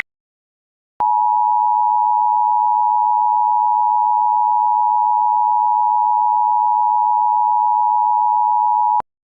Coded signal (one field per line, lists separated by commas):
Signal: Emergency Alert System (SAME) tones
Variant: 853 and 960 Hz attention tone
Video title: EAS Short | The Great Shake out drill